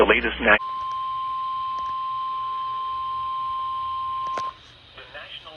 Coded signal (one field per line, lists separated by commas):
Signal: Emergency Alert System (SAME) tones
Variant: 1050 Hz attention tone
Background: speech